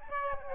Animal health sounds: mosquito wingbeat signal from an infrared sensor; Aedes albopictus

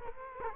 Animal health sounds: mosquito wingbeat signal from an infrared sensor; Culex quinquefasciatus

